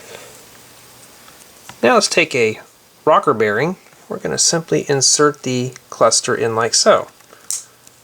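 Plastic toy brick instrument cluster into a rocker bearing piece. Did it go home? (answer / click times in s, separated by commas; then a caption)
yes / 7.5 s. A plastic LEGO instrument cluster piece is pushed into a LEGO rocker bearing while someone talks. It snaps into place with a sharp click at 7.5 seconds, and the part is seated.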